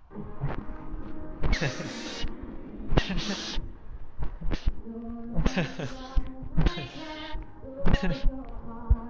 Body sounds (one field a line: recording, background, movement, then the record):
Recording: laughter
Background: music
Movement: walking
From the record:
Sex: male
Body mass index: 20.5 kg/m2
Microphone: on the chest, facing the body